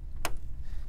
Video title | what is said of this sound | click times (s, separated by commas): Dell PowerEdge T610 Workstation Review & Overview - Memory Install Tips - How to Configure - Gaming | so you want to hear this right here when you push it down it's going to make this click | 0.2 s